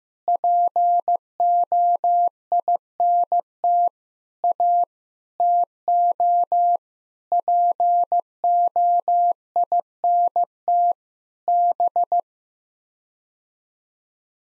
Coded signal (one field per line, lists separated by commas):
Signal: Morse code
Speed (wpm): 15 wpm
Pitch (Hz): 700 Hz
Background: none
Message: POINT A TO POINT B